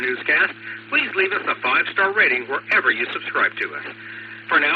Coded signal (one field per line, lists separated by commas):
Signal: Emergency Alert System (SAME) tones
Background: speech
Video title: Cuyahoga Falls Amateur Radio Club 2m/440 net 147.27+, 444.85+ 110.9 pl 8:00 PM, 9-1-25